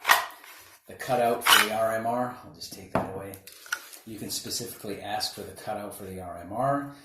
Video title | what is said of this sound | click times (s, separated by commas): Red x gear aiwb holster review | retention in this you can hear the click the | 0.1 s